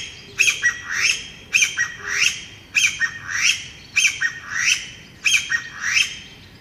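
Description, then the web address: Chinese bamboo partridge call: raspy two-part phrases climbing in pitch, repeated roughly once a second, loud and shrill. "sikioto birds kojyukei"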